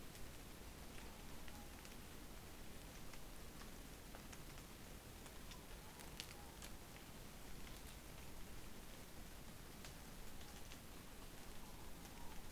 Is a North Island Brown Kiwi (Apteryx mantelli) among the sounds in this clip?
no